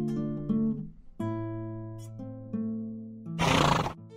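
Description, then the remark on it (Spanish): A horse whinnies in a long, wavering call that steps up and down in pitch over several seconds, then finishes with a loud, breathy snort. “Se aproxima al caballo y toma presto la espada en 100 combates ganadora que a su cintura ciñe.”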